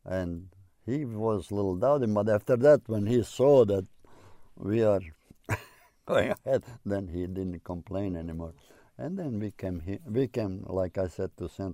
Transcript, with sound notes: And he was little doubting, but after that, when he saw that we are (laughing) going ahead, then he didn't complain any more. And then we came here, we came like I said, to St.